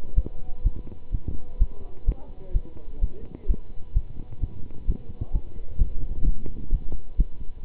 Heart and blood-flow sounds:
heart sounds by stethoscope; between the tricuspid and mitral areas; 128 bpm
0.15 s: heartbeat
0.63 s: heartbeat
1.11 s: heartbeat
1.58 s: heartbeat
2.05 s: heartbeat
2.53 s: heartbeat
3.00 s: heartbeat
3.47 s: heartbeat
3.93 s: heartbeat
4.40 s: heartbeat
4.86 s: heartbeat
5.32 s: heartbeat
5.78 s: heartbeat
6.24 s: heartbeat
6.70 s: heartbeat
7.16 s: heartbeat
7.63 s: heartbeat
From the record:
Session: pedaling a stationary bicycle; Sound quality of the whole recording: good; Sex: male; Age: 27 years

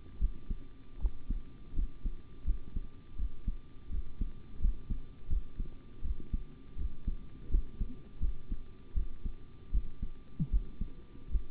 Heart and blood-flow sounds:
heart sounds by stethoscope; between the tricuspid and mitral areas; 81 bpm
0.19 s: heartbeat
0.99 s: heartbeat
1.74 s: heartbeat
2.44 s: heartbeat
3.16 s: heartbeat
3.90 s: heartbeat
4.59 s: heartbeat
5.28 s: heartbeat
6.02 s: heartbeat
6.76 s: heartbeat
7.49 s: heartbeat
8.20 s: heartbeat
8.94 s: heartbeat
9.71 s: heartbeat
10.50 s: heartbeat
11.29 s: heartbeat
From the record:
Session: rest, sitting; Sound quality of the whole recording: good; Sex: male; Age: 25 years

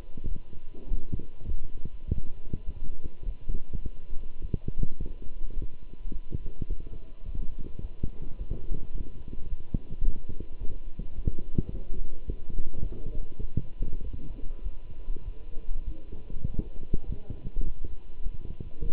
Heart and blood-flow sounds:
heart sounds by stethoscope; between the tricuspid and mitral areas; 104 bpm
0.28 s: heartbeat
0.88 s: heartbeat
1.48 s: heartbeat
2.06 s: heartbeat
2.66 s: heartbeat
3.25 s: heartbeat
3.83 s: heartbeat
4.42 s: heartbeat
4.99 s: heartbeat
5.56 s: heartbeat
6.12 s: heartbeat
6.69 s: heartbeat
7.25 s: heartbeat
7.81 s: heartbeat
8.38 s: heartbeat
8.94 s: heartbeat
9.49 s: heartbeat
10.05 s: heartbeat
10.60 s: heartbeat
11.16 s: heartbeat
11.71 s: heartbeat
12.27 s: heartbeat
12.83 s: heartbeat
13.41 s: heartbeat
14.03 s: heartbeat
14.64 s: heartbeat
15.25 s: heartbeat
15.86 s: heartbeat
16.47 s: heartbeat
17.07 s: heartbeat
17.65 s: heartbeat
18.23 s: heartbeat
18.81 s: heartbeat
From the record:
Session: walking at 3.7 km/h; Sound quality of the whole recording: good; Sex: male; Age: 24 years

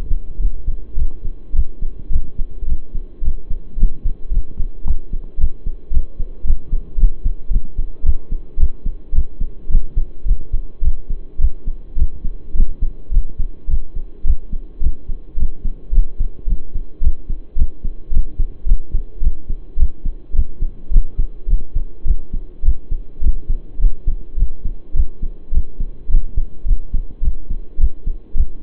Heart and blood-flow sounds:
heart sounds by stethoscope; between the tricuspid and mitral areas; 107 bpm
0.39 s: heartbeat
0.97 s: heartbeat
1.54 s: heartbeat
2.11 s: heartbeat
2.67 s: heartbeat
3.22 s: heartbeat
3.77 s: heartbeat
4.31 s: heartbeat
4.85 s: heartbeat
5.38 s: heartbeat
5.92 s: heartbeat
6.45 s: heartbeat
6.98 s: heartbeat
7.51 s: heartbeat
8.04 s: heartbeat
8.58 s: heartbeat
9.13 s: heartbeat
9.70 s: heartbeat
10.26 s: heartbeat
10.82 s: heartbeat
11.39 s: heartbeat
11.97 s: heartbeat
12.55 s: heartbeat
13.12 s: heartbeat
13.69 s: heartbeat
14.25 s: heartbeat
14.81 s: heartbeat
15.37 s: heartbeat
15.92 s: heartbeat
16.47 s: heartbeat
17.02 s: heartbeat
17.57 s: heartbeat
18.12 s: heartbeat
18.66 s: heartbeat
19.22 s: heartbeat
19.78 s: heartbeat
20.34 s: heartbeat
20.91 s: heartbeat
21.48 s: heartbeat
22.06 s: heartbeat
22.64 s: heartbeat
23.22 s: heartbeat
23.79 s: heartbeat
24.37 s: heartbeat
24.95 s: heartbeat
25.52 s: heartbeat
26.09 s: heartbeat
26.66 s: heartbeat
27.22 s: heartbeat
27.79 s: heartbeat
28.35 s: heartbeat
From the record:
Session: pedaling a stationary bicycle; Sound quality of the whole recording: saturated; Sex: male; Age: 23 years

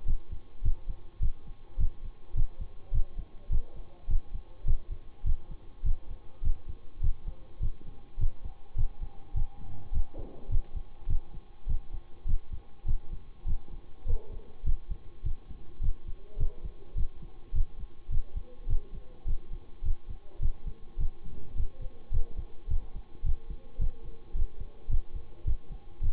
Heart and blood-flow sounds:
heart sounds by stethoscope; between the tricuspid and mitral areas; 104 bpm
0.05 s: heartbeat
0.63 s: heartbeat
1.20 s: heartbeat
1.78 s: heartbeat
2.35 s: heartbeat
2.92 s: heartbeat
3.50 s: heartbeat
4.08 s: heartbeat
4.65 s: heartbeat
5.24 s: heartbeat
5.84 s: heartbeat
6.42 s: heartbeat
7.01 s: heartbeat
7.60 s: heartbeat
8.18 s: heartbeat
8.76 s: heartbeat
9.34 s: heartbeat
9.92 s: heartbeat
10.49 s: heartbeat
11.07 s: heartbeat
11.67 s: heartbeat
12.26 s: heartbeat
12.86 s: heartbeat
13.45 s: heartbeat
14.06 s: heartbeat
14.64 s: heartbeat
15.23 s: heartbeat
15.81 s: heartbeat
16.38 s: heartbeat
16.95 s: heartbeat
17.53 s: heartbeat
18.10 s: heartbeat
18.67 s: heartbeat
19.26 s: heartbeat
19.83 s: heartbeat
20.40 s: heartbeat
20.98 s: heartbeat
21.55 s: heartbeat
22.11 s: heartbeat
22.68 s: heartbeat
23.23 s: heartbeat
23.79 s: heartbeat
24.34 s: heartbeat
24.89 s: heartbeat
25.45 s: heartbeat
26.01 s: heartbeat
From the record:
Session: bicycle stress test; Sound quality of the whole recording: good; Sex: male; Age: 26 years

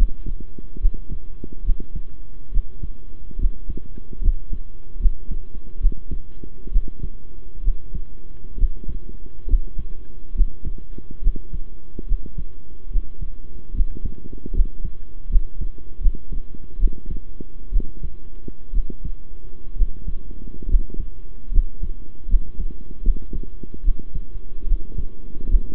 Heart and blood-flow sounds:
heart sounds by stethoscope; between the tricuspid and mitral areas; 70 bpm
0.80 s: heartbeat
1.64 s: heartbeat
2.51 s: heartbeat
3.38 s: heartbeat
4.21 s: heartbeat
4.99 s: heartbeat
5.80 s: heartbeat
6.71 s: heartbeat
7.62 s: heartbeat
8.57 s: heartbeat
9.47 s: heartbeat
10.34 s: heartbeat
11.21 s: heartbeat
12.06 s: heartbeat
12.90 s: heartbeat
13.73 s: heartbeat
14.53 s: heartbeat
15.29 s: heartbeat
16.00 s: heartbeat
16.78 s: heartbeat
17.71 s: heartbeat
18.72 s: heartbeat
19.75 s: heartbeat
20.68 s: heartbeat
21.51 s: heartbeat
22.28 s: heartbeat
23.02 s: heartbeat
23.83 s: heartbeat
24.66 s: heartbeat
25.48 s: heartbeat
From the record:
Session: rest, sitting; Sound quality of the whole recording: good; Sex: male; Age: 23 years

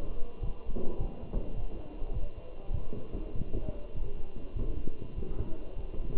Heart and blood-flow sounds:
heart sounds by stethoscope; between the tricuspid and mitral areas; 101 bpm
0.41 s: heartbeat
0.98 s: heartbeat
1.55 s: heartbeat
2.13 s: heartbeat
2.72 s: heartbeat
3.34 s: heartbeat
3.94 s: heartbeat
4.55 s: heartbeat
5.16 s: heartbeat
5.76 s: heartbeat
From the record:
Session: walking at 3.7 km/h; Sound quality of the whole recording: good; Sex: male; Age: 27 years

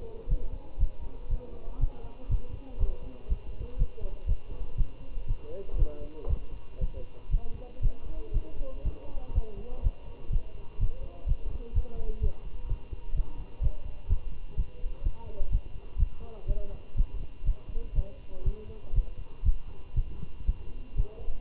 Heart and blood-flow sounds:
heart sounds by stethoscope; between the tricuspid and mitral areas; 122 bpm
0.30 s: heartbeat
0.80 s: heartbeat
1.31 s: heartbeat
1.81 s: heartbeat
2.31 s: heartbeat
2.80 s: heartbeat
3.30 s: heartbeat
3.79 s: heartbeat
4.29 s: heartbeat
4.78 s: heartbeat
5.29 s: heartbeat
5.79 s: heartbeat
6.30 s: heartbeat
6.81 s: heartbeat
7.32 s: heartbeat
7.83 s: heartbeat
8.34 s: heartbeat
8.85 s: heartbeat
9.35 s: heartbeat
9.84 s: heartbeat
10.33 s: heartbeat
10.80 s: heartbeat
11.28 s: heartbeat
11.75 s: heartbeat
12.23 s: heartbeat
12.70 s: heartbeat
13.16 s: heartbeat
13.63 s: heartbeat
14.10 s: heartbeat
14.57 s: heartbeat
15.05 s: heartbeat
15.52 s: heartbeat
15.99 s: heartbeat
16.48 s: heartbeat
16.98 s: heartbeat
17.47 s: heartbeat
17.96 s: heartbeat
18.46 s: heartbeat
18.96 s: heartbeat
19.46 s: heartbeat
19.96 s: heartbeat
20.47 s: heartbeat
20.97 s: heartbeat
From the record:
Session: Bruce protocol treadmill stress test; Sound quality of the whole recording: good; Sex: male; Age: 25 years

